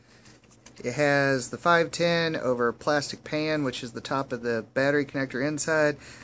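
A strong magnetic battery door on an iSmoka eLeaf iStick 100W vape box mod pulls shut on its own, with a faint sound at about 0.4 s and a sharp snap at 0.7 s as it seats into place. Someone then talks for the rest of the clip.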